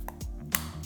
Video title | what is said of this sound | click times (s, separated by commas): Mont Blanc Explorer Ultra Blue FIRST IMPRESSIONS - A New Fresh Compliment Getter? | does click into place just like on the original | 0.6 s